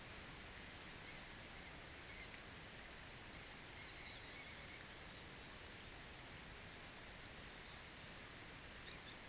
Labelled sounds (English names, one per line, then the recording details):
none
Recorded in pastures near Puerto Asís, Putumayo, Colombia, on 30 June 2025 at 11:00
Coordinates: 0.486, -76.323
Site H29